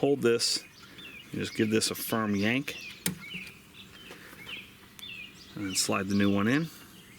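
Someone talks while handling the brake-light socket of a Honda Odyssey tail-light housing, pulling out the old bulb with a firm yank and getting ready to slide a new 7443 wedge bulb into the socket, with birds chirping outdoors in the background. Short sharp sounds come at about 3.1 s and 5.0 s. The new bulb has not seated or clicked into the socket yet.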